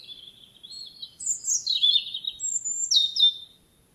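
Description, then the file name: European robin singing a liquid, wavering phrase of high sliding whistles and twittery notes that rises in energy, then stops abruptly. "Erithacus rubecula"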